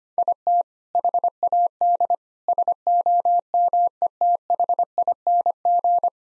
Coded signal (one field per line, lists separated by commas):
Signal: Morse code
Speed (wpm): 25 wpm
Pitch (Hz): 700 Hz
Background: none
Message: IT HAD SOMETHING